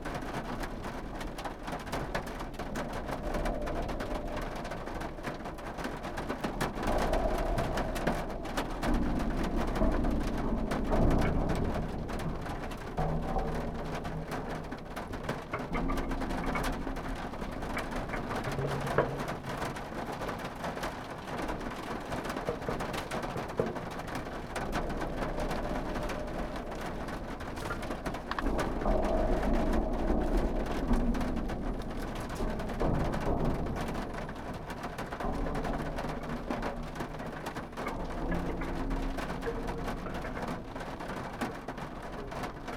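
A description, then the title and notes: Water drips and trickles from gutters after a storm, a steady wet patter that stays fairly even across the whole stretch. Low rumbling swells rise and fall underneath, strongest around the middle and again near the thirty-second mark, with scattered heavier drops throughout. Water dripping from the gutters of a remote farmhouse outbuilding after a passing storm at 3am.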